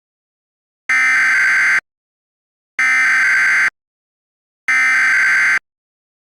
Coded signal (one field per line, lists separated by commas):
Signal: Emergency Alert System (SAME) tones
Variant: header bursts